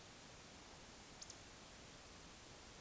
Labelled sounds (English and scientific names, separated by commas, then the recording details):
Eurasian Woodcock (Scolopax rusticola) whistle
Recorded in Baden-Württemberg, Germany, on 20 May 2021 at 19:51 UTC
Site 24606, 635 m above sea level